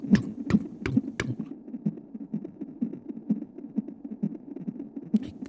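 Rapid, muffled whooshing pulses at about 140 beats a minute, with a few sharp clicks at the start and end. It is an unborn baby's heartbeat heard through the mother's abdomen, at a normal fetal rate showing the baby is doing well.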